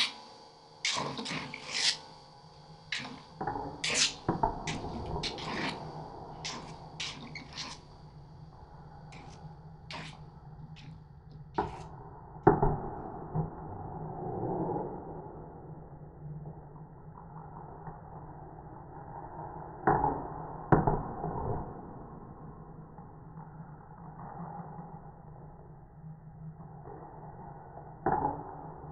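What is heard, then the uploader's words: A small kinetic drawing machine runs on its own, with a steady low hum under irregular scratching and rubbing. For the first twelve seconds, sharp bright ticks and scrapes come every second or so; afterward the sound turns duller, with occasional louder knocks. The soundscapes are constructed from recordings of simple autonomous kinetic drawing apparatus that were set up and left to operate for extended periods of time without intervention. The sounds were manipulated by layering, time shifting, EQ and other simple effects.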